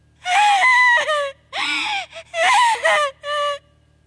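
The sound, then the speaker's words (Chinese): The character Winky (闪闪) in a Harry Potter audiobook lets out a desperate, wavering wail in about five strained, high-pitched bursts with short breaks between, each cry bending in pitch like anguished sobbing moans. “闪闪发出一声绝望的嚎叫。”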